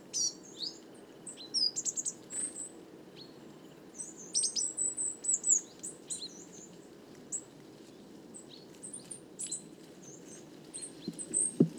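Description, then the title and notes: Coal tits giving many thin, high chirps and short twittering notes from several birds at once, with scattered clicks and a low steady rumble underneath. Roving flock of more than 50 birds, evening, 29 September 2019, Les Casses, Drôme; recorded in mono with a parabolic microphone, with some handling noise. "Ronde de mésange noire. 29 septembre 2019-Les Casses - Drôme"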